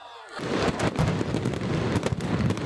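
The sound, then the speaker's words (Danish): A rapid series of sharp bangs and pops from explosions and tear gas canisters fired by the military at a protest of thousands rejecting an election result, bursting over a constant rushing roar of crowd and street noise, with no clear speech. “Og så finder vi de her forsamlinger, og så i løbet af 5 minutter, 10 minutter eller sådan noget, så kommer der bare tåregas, eksplosioner.”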